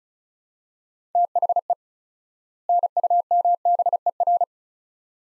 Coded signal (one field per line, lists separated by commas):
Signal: Morse code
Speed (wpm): 36 wpm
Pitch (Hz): 700 Hz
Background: none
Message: THE NUMBER